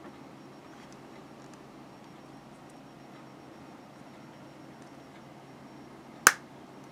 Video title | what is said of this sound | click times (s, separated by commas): Build the Back to the Future Delorean Issue #50 | there we go and it snaps right in and i'm guessing oh nope | 6.3 s